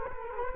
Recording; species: mosquito wingbeat signal from an infrared sensor; Culex quinquefasciatus